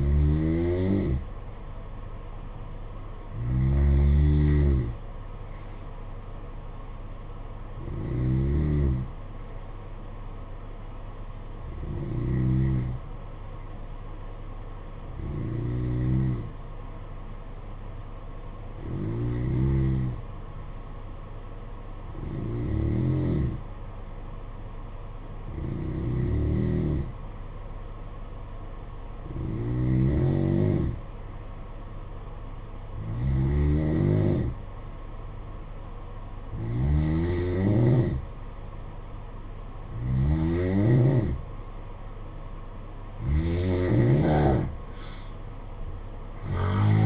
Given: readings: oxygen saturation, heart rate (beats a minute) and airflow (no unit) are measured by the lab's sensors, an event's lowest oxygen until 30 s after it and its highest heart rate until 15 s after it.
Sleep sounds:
breathing in sleep by a smartphone at the bedside; 1
11.00-41.80 s: hypopnea (N2, oxygen 93% highest, then 88% lowest, heart rate 54 at the start, 60 highest)
From the record:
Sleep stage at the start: N2 (light sleep); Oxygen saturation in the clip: 87 to 93%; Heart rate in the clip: 53 to 59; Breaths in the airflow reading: 13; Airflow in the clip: -9.8 to 5.6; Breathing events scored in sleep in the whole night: 476 in 9.7 hours asleep

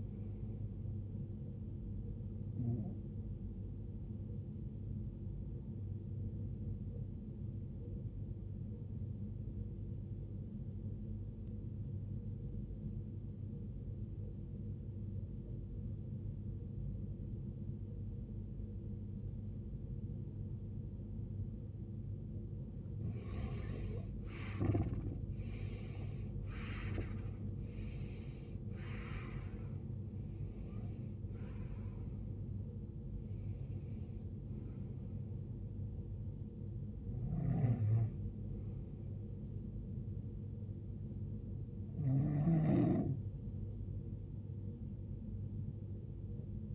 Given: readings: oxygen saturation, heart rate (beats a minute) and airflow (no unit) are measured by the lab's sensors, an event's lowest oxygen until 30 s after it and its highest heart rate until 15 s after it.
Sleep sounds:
breathing in sleep by a smartphone at the bedside; 1
7.00-23.80 s: obstructive apnea (REM, oxygen 92% highest, then 84% lowest, heart rate 71 at the start, 80 highest)
From the record:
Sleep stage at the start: REM sleep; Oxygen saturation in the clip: 89 to 93%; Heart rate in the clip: 51 to 81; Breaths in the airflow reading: 8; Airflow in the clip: -22.5 to 20.3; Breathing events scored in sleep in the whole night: 389 in 6.3 hours asleep

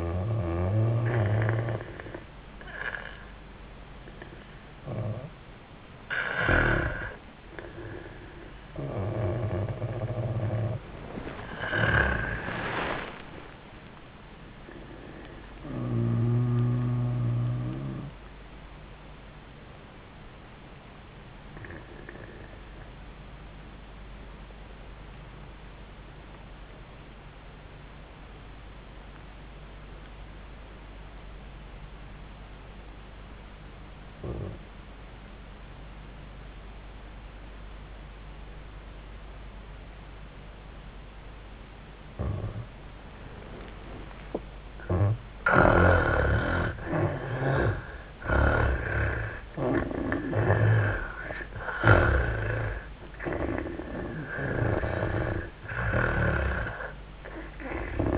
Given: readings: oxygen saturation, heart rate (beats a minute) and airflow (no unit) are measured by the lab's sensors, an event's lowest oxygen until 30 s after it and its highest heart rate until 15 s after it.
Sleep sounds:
breathing in sleep by a voice recorder at the bedside; 1
20.00-43.80 s: obstructive apnea (N1, oxygen 97% highest, then 74% lowest, heart rate 88 at the start, 93 highest)
From the record:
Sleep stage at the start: N1 (lightest sleep); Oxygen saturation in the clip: 65 to 97%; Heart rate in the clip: 78 to 96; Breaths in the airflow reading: 7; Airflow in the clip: -14.0 to 6.2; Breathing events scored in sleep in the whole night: 400 in 8.7 hours asleep

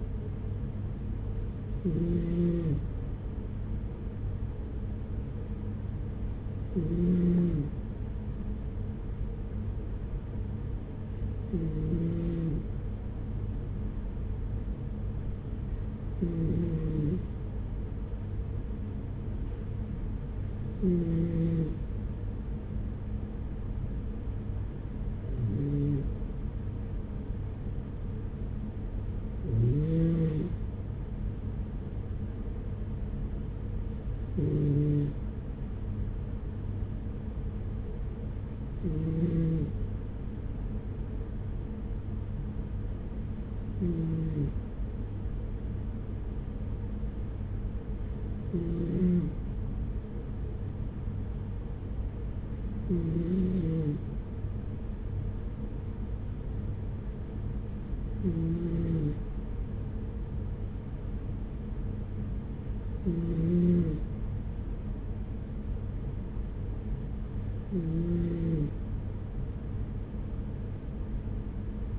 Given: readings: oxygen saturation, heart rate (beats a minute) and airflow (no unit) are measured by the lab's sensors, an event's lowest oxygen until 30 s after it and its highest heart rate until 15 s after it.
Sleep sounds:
breathing in sleep by a smartphone at the bedside; none
none scored
From the record:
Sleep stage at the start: N2 (light sleep); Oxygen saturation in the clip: 95%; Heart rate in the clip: 41 to 47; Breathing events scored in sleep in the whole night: 210 in 6.9 hours asleep

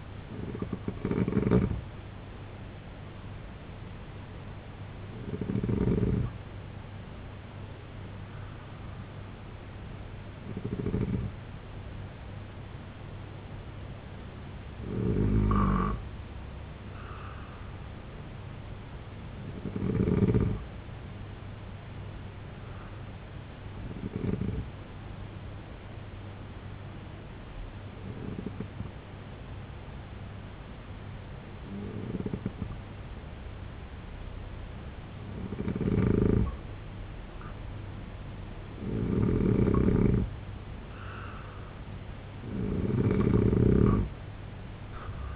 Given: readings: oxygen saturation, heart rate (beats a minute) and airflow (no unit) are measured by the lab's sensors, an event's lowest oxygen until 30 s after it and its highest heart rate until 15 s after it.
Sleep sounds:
breathing in sleep by a voice recorder at the bedside; 1
3.00-33.00 s: new sleep stage, N1 (lightest sleep)
19.00-39.10 s: hypopnea (N1, oxygen 94% highest, then 87% lowest, heart rate 74 at the start, 78 highest)
33.00-45.36 s: new sleep stage, N2 (light sleep)
From the record:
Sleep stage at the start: N2 (light sleep); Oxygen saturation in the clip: 83 to 94%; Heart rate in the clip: 64 to 87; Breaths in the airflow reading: 7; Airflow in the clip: -3.7 to 7.4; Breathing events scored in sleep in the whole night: 258 in 7.4 hours asleep

